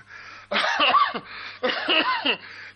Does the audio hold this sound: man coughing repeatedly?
yes